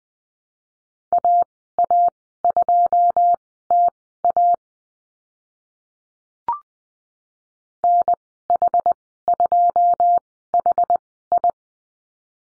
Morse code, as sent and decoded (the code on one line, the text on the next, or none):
.- .- ..--- - .- / -. .... ..--- .... ..
AA2TA NH2HI